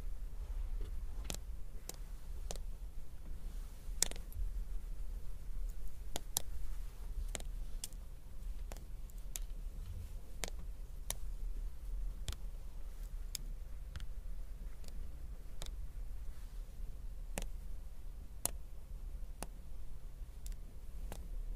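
Small hard objects like crystals or beads are tapped, giving sharp, bright clicks at an irregular pace, roughly one or two per second, some louder than others. Beneath them runs a steady low rumble that never lets up.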